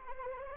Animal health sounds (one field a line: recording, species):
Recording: mosquito wingbeat signal from an infrared sensor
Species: Anopheles arabiensis